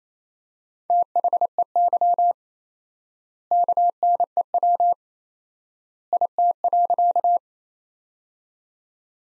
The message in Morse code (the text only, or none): THEY KNEW IT.